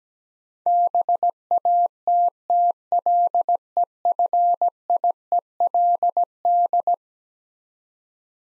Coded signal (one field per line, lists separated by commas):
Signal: Morse code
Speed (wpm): 17 wpm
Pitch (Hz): 700 Hz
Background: none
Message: BATTLEFIELD